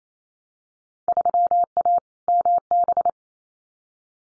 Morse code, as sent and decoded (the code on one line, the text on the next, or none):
...-- .- / -- -...
3A MB